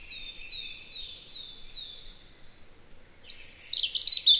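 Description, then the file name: European robin song opening with a series of thin falling whistles, then a high note and a burst of rapid, jumbled twittering trills. Spring. "punarind"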